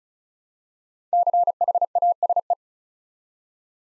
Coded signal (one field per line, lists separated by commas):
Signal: Morse code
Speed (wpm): 36 wpm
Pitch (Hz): 700 Hz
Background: none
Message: CHASE